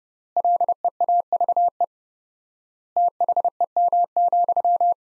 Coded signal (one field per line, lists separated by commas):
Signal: Morse code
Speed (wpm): 30 wpm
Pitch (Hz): 700 Hz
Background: none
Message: LEAVE THEM,